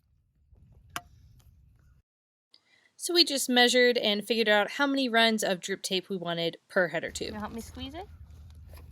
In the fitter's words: you'll kind of hear like a little click sound when it's in